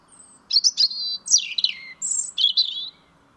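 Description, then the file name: European robin singing a varied phrase of high thin whistles and sliding notes that sweep down in pitch, ending in a short warbled flourish. "Erithacus rubecula"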